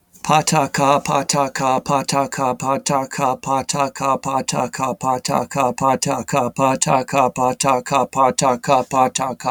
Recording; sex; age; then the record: repeated syllables /pa ta ka/; male; 30 to 39 years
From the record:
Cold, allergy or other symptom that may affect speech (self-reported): no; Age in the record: 37 years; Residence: New York, United States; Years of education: 12